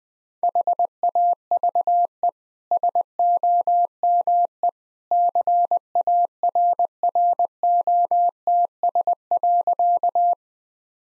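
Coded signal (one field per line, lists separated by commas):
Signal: Morse code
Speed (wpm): 21 wpm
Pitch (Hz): 700 Hz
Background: none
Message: HAVE SOME CARROTS.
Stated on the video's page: Morse practice sentences at 20 wpm with contextual hints, part of a copying practice series.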